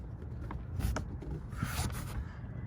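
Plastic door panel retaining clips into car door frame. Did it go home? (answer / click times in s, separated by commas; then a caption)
yes / 0.5 s, 1.0 s, 1.9 s. The plastic retaining clips of a BMW 330i (E46) rear passenger door panel are pressed into the car door frame after the panel is hooked over the lock area first. Sharp snaps are heard at 0.5 s, 1.0 s and 1.9 s over a low background rumble as the clips seat. The panel is clipped back onto the door.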